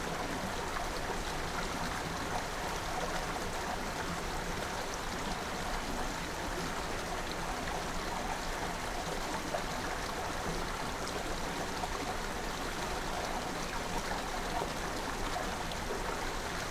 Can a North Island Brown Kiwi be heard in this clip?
no